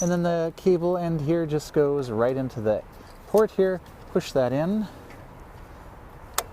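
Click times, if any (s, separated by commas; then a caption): 6.4 s. The metal end of a plug-in lock chain is pushed into the port of the built-in rear-wheel frame ring lock on a Gazelle Arroyo C8 HMB Elite e-bike. Someone talks at first, then a short, sharp click sounds at 6.4 s as the plug seats and locks.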